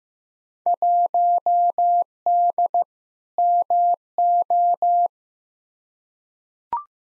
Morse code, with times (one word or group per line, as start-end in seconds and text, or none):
0.7-2.8 1D
3.4-5.1 MO